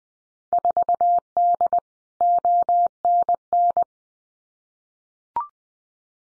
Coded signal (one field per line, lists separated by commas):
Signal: Morse code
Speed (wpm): 20 wpm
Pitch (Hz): 700 Hz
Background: none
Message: 4D ONN